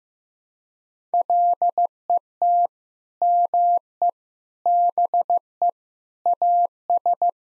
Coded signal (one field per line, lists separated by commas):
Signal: Morse code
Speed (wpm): 15 wpm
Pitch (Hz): 700 Hz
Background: none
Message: LET ME BE AS